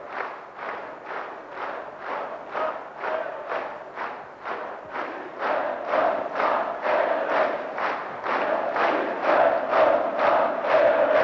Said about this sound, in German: Wir grüßen unseren Erich, das ist der Ruf. Alle sind hier auf die Stühle gestiegen.